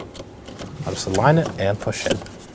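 A plastic door handle bezel on a 2013-2019 Nissan Sentra is being lined up and pushed into the door trim panel by hand while someone talks, with a faint handling tick around 0.6 s. The part is handled but not yet home, and nothing has seated or clicked yet.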